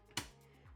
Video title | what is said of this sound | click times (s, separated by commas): Must Trash & Must Have Accessories - Ursa Mini Pro 4.6k G2!! | yeah when you hear that click that means it's on there and then you want to take it off | 0.2 s